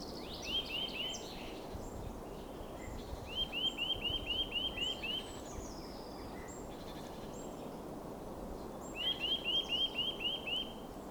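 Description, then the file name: Eurasian nuthatch giving three bursts of quick, rising whistled notes, several per burst, separated by pauses of a few seconds, over steady background hiss. "Sitta europaea"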